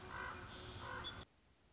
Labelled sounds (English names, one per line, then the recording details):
Common Raven
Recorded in Sonoma County, California